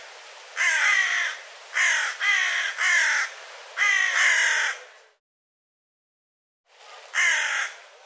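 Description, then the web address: Bird delivering grating caws, several in quick succession, then a silence before one final harsh call. "cianscape birddata Deverinetal 2025 File cleaned normalized Bird"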